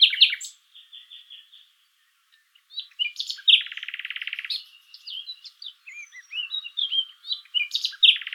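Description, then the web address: Common nightingale song: varied phrases with soft repeated notes, a loud throbbing rattle, twisting whistled slurs and chattering bursts in quick succession. "pub SETE data Luscinia megarhynchos"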